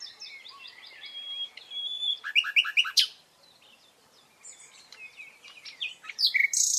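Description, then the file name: Common nightingale singing a series of repeated whistled notes, a loud stuttering phrase, a pause, then varied chirps ending in bright sharp notes. "Luscinia megarhynchos"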